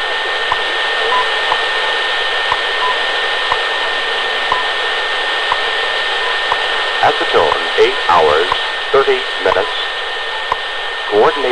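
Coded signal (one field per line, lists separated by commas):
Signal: radio time signal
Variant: WWV and BPM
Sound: once-a-second clicks and short beeps through loud hiss, with brief voice announcement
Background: radio static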